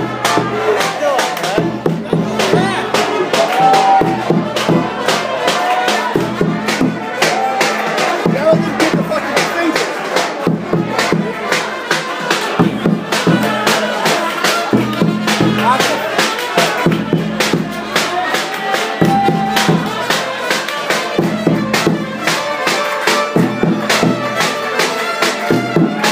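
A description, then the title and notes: Beer garden chatter fills the scene, with many voices overlapping into a dense, steady murmur and frequent sharp clinks and knocks scattered throughout. A low hum rises and falls underneath, and the whole crowd stays evenly busy for the full length. Radegast Beer garden by thenycnomad.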